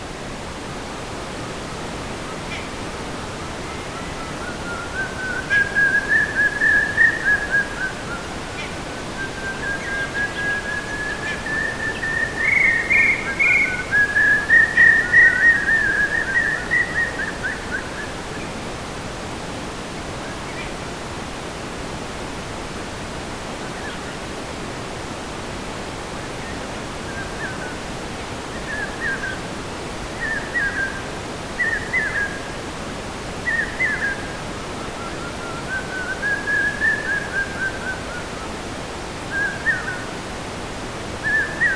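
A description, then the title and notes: Rain forest ambience with a steady, dense hiss filling the background throughout. From about five to eighteen seconds a bird sings clear, rising whistled phrases, then shorter chirps return intermittently from around twenty-eight seconds to the end. Rain Forest. Soundscape.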